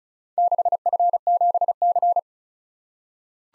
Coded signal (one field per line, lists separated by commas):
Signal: Morse code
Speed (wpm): 36 wpm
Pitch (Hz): 700 Hz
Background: none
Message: 6F7C